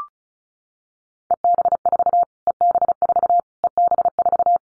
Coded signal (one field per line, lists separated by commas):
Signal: Morse code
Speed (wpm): 34 wpm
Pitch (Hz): 700 Hz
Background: none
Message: EB4 EB4 EB4